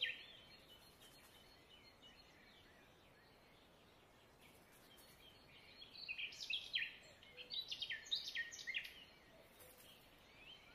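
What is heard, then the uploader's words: Bird song rises over a steady outdoor hiss. For the first six seconds the chirps are soft and scattered, then from about six seconds a bird sings louder, with quick bright rising notes in bursts until near ten seconds, before fading back. Bird Song & Bird Sounds.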